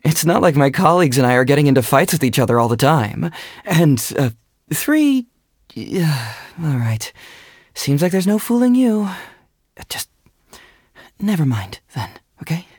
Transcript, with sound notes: It's not like my colleagues and I are getting into fights with each other all the time. And three... *sigh* Alright, seems like there's no fooling you. Just... never mind then, okay?